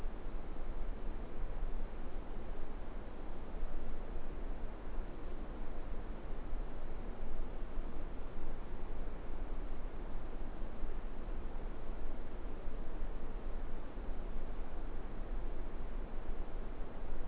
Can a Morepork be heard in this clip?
no